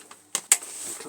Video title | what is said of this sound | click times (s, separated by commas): THORN beta 2 Sox street light 55w connection up/class - 1990 | locks into place this | 0.3 s, 0.5 s